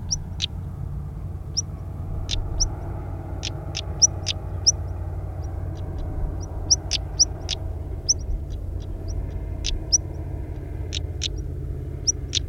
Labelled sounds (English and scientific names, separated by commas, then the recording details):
European Stonechat (Saxicola rubicola) call
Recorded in the wild
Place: Adamclisi, Dobrogea, RO
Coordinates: 44.086, 27.956
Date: 1973-05-02
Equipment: Nagra III BH, Sennheiser MD 21, parabola
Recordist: Schubert, Michael
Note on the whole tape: Warnen Schwarzkehlchen